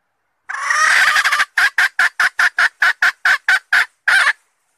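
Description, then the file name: Red junglefowl hen cackle: a long rough note, then a rapid even series of short sharp clucks ending with a slightly longer one. Female (hen) red junglefowl calling to find a mate. "tieng ga rung mai keu tim kiem ban tinh"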